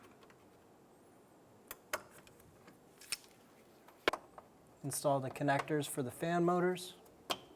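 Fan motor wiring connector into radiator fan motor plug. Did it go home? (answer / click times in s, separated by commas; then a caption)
yes / 7.3 s. An electrical connector for the radiator fan motor is pushed onto its plastic plug on the dual radiator and condenser fan assembly of a 2003-2007 Infiniti G35, with a few small ticks and knocks before someone talks. A single sharp click at 7.3 s marks the connector latching into place, seated.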